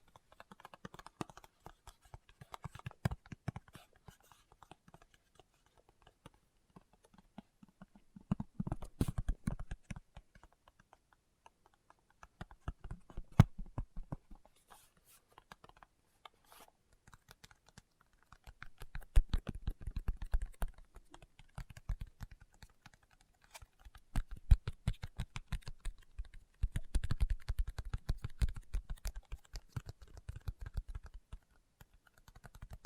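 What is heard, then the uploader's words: Fingertips tap in quick, irregular bursts, each a flurry of short, dull knocks with a soft, low body and faint clicky tops. Busier clusters come around 3, 9, 13, 20 and 27 seconds, separated by quieter stretches of lighter, scattered taps. ASMR Tapping with Fingertips (No Talking).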